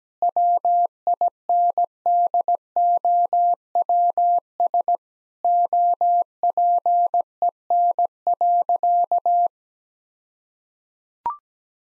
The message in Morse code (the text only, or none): WINDOWS OPEN.